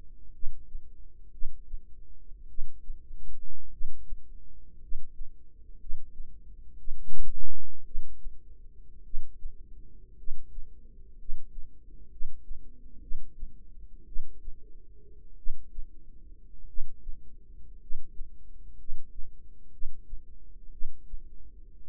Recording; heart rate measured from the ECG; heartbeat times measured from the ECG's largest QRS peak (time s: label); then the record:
heart sounds by microphone in the right ear; 56 bpm
0.31 s: heartbeat
1.30 s: heartbeat
2.46 s: heartbeat
3.69 s: heartbeat
4.78 s: heartbeat
5.77 s: heartbeat
6.75 s: heartbeat
7.83 s: heartbeat
9.02 s: heartbeat
10.15 s: heartbeat
11.15 s: heartbeat
12.08 s: heartbeat
12.99 s: heartbeat
14.04 s: heartbeat
15.35 s: heartbeat
16.65 s: heartbeat
17.77 s: heartbeat
18.75 s: heartbeat
19.69 s: heartbeat
20.69 s: heartbeat
From the record:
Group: healthy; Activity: cold pressor test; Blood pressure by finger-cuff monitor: 116/49 mmHg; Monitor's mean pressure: 71 mmHg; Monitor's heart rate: 57 bpm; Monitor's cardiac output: 6.6 L/min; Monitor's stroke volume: 117 mL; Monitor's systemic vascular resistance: 780 dyn s/cm5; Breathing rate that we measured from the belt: 9 breaths a minute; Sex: male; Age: 25 years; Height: 170 cm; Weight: 70.4 kg